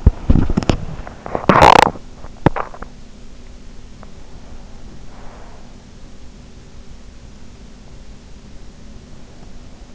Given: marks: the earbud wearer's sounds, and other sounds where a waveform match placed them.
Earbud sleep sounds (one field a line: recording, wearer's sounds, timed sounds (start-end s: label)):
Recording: sounds in sleep by an in-ear microphone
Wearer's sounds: teeth grinding, breath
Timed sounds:
0.00-1.13 s: teeth grinding
1.21-2.96 s: teeth grinding
4.23-6.16 s: breath